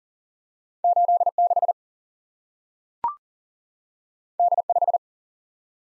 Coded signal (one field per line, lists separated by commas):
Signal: Morse code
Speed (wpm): 40 wpm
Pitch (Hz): 700 Hz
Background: none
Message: 8 6 D 5